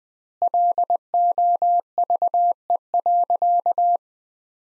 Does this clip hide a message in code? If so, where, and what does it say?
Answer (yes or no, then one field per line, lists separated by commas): yes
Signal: Morse code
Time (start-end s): 0.4-4.0 s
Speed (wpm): 21 wpm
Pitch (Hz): 700 Hz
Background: none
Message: LOVE.